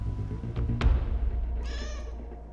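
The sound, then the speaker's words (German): A cat lets out one drawn-out, fairly high meow in the second half, preceded by a couple of sharp clicks or thuds over a low, steady rumble. “Warum wolltest du diese Katze loswerden?”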